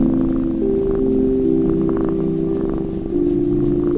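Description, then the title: Domestic cat purring, a low steady rumbling texture under sustained soft music tones that step between held notes throughout. Sleep music with a cat beside the listener. "睡眠音乐 猫咪伴在你身边"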